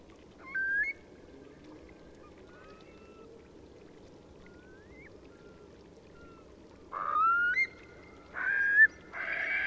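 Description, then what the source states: Eurasian curlew calls: an upward-sweeping whistle at the start, a few quieter whistled notes, then loud, rough, harmonic calls near the end. A flock taking off.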